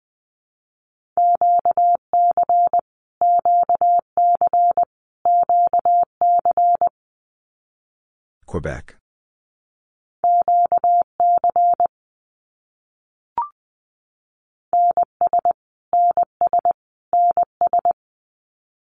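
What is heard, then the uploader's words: Morse code beeps in a steady mid-pitched tone, sent in quick groups of dots and dashes with short pauses between letters and longer gaps between words. Near the middle a brief rushing noise cuts in, and a single faint click follows a few seconds later. Canadian Provinces and Territories - Repeated 3x - 20wpm. First, it is sent 3x in Morse code. Finally, it is sent again in Morse code.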